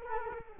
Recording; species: mosquito wingbeat signal from an infrared sensor; Culex quinquefasciatus